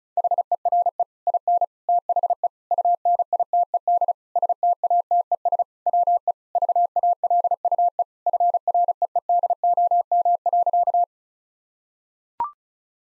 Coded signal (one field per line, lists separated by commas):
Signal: Morse code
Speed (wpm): 34 wpm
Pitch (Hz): 700 Hz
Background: none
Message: HERE IN THE UNITED STATES WE VALUE FREEDOM.